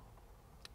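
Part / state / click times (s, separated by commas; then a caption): sound tube on the factory intake / released / 0.6 s. A plastic sound tube fitting on a factory intake is pulled and pops out of its mount with a sharp click at 0.7 s, then is moved out of the way. The clip is otherwise quiet apart from a faint low rumble and a softer tick near the end. The sound tube is released.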